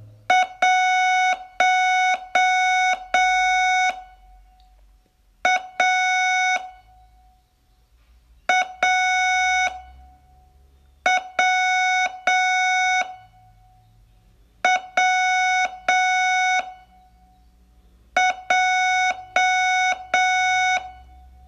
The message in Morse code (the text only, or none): 1 A A W W J